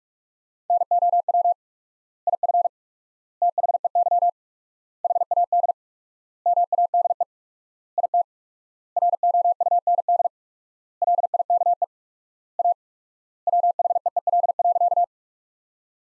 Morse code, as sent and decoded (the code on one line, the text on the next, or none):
-. --- .-- / .. ..-. / - .... . -.-- / .... .- -.. / -- .- -.. . / .. - / .-. --- ..- -. -.. / .-.. .. -.- . / .- / .-- .... . . .-.. .-.-.-
NOW IF THEY HAD MADE IT ROUND LIKE A WHEEL.